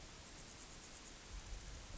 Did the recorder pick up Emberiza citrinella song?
no